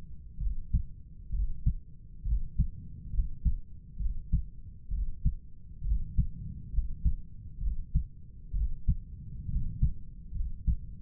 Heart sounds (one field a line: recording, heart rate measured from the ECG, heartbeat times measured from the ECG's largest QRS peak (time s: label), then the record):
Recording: heart sounds by stethoscope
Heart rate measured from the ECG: 66 bpm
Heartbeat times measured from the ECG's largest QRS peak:
0.42 s: heartbeat
1.34 s: heartbeat
2.26 s: heartbeat
3.14 s: heartbeat
4.01 s: heartbeat
4.92 s: heartbeat
5.85 s: heartbeat
6.74 s: heartbeat
7.62 s: heartbeat
8.55 s: heartbeat
9.50 s: heartbeat
10.36 s: heartbeat
From the record:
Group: healthy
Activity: rest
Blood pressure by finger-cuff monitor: 137/97 mmHg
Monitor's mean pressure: 109 mmHg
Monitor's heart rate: 66 bpm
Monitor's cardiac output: 6.7 L/min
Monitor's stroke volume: 101 mL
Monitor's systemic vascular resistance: 1210 dyn s/cm5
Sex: male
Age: 30 years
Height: 188 cm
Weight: 110.2 kg